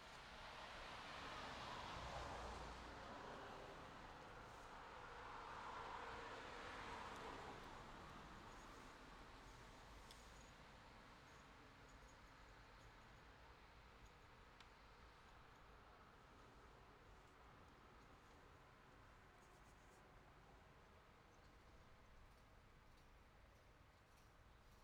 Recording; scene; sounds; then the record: everyday scene through a hearing-aid microphone; in traffic; traffic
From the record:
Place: city secondary road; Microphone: in the ear canal, left